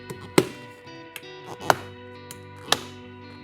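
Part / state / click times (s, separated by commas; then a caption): ski boot buckle closing onto its latch rail / seated / 0.4 s, 1.7 s, 2.7 s. After the heel is seated in the back, a ski boot's plastic buckles are readjusted and snapped closed onto their latch rails, giving three sharp snaps at 0.4, 1.7 and 2.7 seconds. Fainter taps fall between them over a steady, soft musical tone. The buckles close and latch.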